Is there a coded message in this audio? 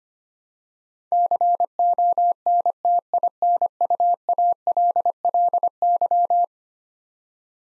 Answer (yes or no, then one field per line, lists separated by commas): yes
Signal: Morse code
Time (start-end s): 1.1-6.4 s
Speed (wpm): 25 wpm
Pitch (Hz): 700 Hz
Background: none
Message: CONTINUALLY